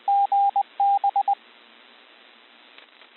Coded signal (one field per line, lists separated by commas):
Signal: Morse code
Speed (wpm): 20 wpm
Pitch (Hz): 800 Hz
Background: radio noise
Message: GB